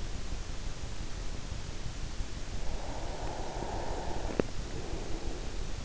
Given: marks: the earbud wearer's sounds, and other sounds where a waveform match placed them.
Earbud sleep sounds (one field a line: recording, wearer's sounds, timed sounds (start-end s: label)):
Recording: sounds in sleep by an in-ear microphone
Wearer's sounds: breath, teeth grinding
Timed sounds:
2.51-5.76 s: breath
4.01-4.79 s: teeth grinding